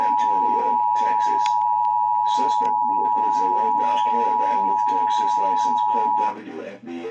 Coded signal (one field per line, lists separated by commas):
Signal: Emergency Alert System (SAME) tones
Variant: 853 and 960 Hz attention tone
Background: speech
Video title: A TSTM OR ANBER ALERT... EAS Alerts From 8/21/25 (EAS#4,584 - 4,597)